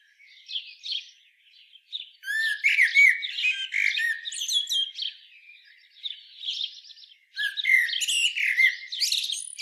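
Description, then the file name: Common blackbird song with faint early notes, then loud warbling phrases with sharp high twitters from about two seconds, ending in a dense rich burst. "Turdus merula"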